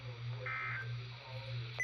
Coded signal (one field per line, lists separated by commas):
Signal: Emergency Alert System (SAME) tones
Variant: end-of-message bursts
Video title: BIRTHDAY WEEKLY ON KZZ28 - 3/12/25 (EAS #1500)